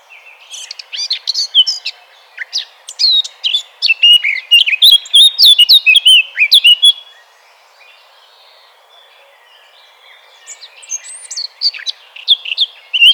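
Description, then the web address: Eurasian blackcap song: a chattering warble building into loud clear fluted notes up to seven seconds, then quiet before a fresh phrase starts near the end. "vogelstimmen moenchsgrasmuecke gesang nabu lars lachmann"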